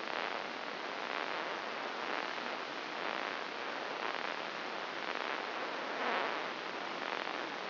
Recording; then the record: brain microelectrode recording played as sound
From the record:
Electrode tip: inside the subthalamic nucleus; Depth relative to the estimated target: 2 mm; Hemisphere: right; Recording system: AlphaMap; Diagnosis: Parkinson's disease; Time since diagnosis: 8 years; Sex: male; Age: 57 years